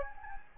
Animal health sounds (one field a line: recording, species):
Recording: mosquito wingbeat signal from an infrared sensor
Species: Anopheles gambiae